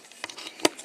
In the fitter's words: That snaps into place.